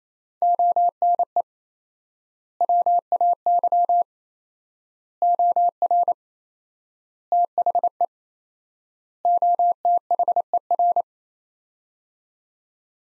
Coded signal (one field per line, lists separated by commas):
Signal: Morse code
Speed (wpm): 27 wpm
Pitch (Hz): 700 Hz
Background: none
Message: ONE WAY OR THE OTHER